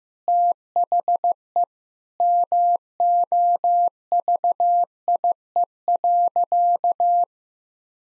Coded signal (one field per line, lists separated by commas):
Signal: Morse code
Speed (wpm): 15 wpm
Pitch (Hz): 700 Hz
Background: none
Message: THE MOVIE.